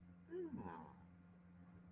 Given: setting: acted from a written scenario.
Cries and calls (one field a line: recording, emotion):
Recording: vocal sound without words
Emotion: interest